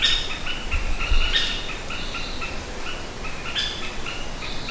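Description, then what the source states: Orange-backed woodpecker calling, a rapid series of short, clipped mid-pitched notes broken by a few louder, harsh squeaky calls, with low rumbling noise behind. Recorded 1 August 2009.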